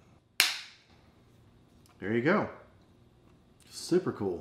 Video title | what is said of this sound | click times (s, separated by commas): Blink XT Camera Accessories by Wasserstein - Product Review | new wall mount and it should just snap right in there | 0.4 s